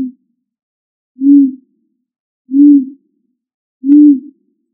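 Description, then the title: Pigeon cooing, a low single hoot-like coo repeated about every one and a third seconds, three clear notes after a brief one at the start, nothing else audible. "ColumbidaePombaSama"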